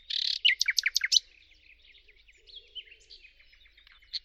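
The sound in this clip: Bird song starting with a harsh buzzy note and a quick series of loud sharp chirps, followed by softer twittering notes.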